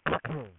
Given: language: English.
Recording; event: throat vibration sensor signal played as sound; throat clearing